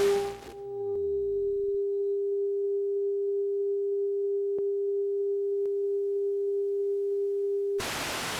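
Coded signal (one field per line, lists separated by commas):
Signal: telephone call progress tone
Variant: Japan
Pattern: dial tone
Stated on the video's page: Dial-up modem sounds added as a sound effect.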